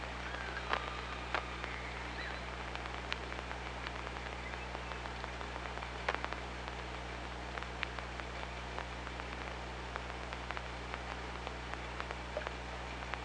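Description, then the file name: Killer whale clicks crackling throughout underwater, with faint short tonal calls near the start and a steady low hum beneath. Recorded on the OrcaLab hydrophone, 24 August 2017, at 06:12. "Orca Lab UTLN JASON 20170824 061217"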